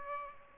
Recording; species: mosquito wingbeat signal from an infrared sensor; Aedes aegypti